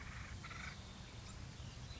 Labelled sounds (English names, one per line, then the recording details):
Acorn Woodpecker
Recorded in Sonoma County, California